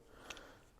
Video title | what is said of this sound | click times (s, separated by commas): G&G GK5c AK5c Shooting Test & Review - EpicAirsoftHD | just push it down and there we go so nice positive lock | 0.3 s